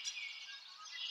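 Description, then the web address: Birds twittering together in a brief, high, steady wash of overlapping chirps, with a few thin whistled notes standing out. Birds in a forest, nature ambience. "lynne-publishing Nature Ambience Birds In a Forest"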